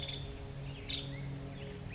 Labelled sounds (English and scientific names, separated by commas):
Nuttall's Woodpecker (Dryobates nuttallii)